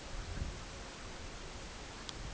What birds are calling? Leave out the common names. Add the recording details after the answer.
none. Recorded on Arctic tundra, site CORI-1, on 16 June 2018. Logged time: 14:00